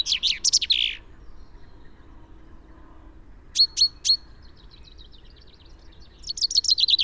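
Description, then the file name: Common chaffinch song: the end of a song phrase, then three sharp high notes, a series of faint notes and a new rapid phrase starting. "Fringilla coelebs"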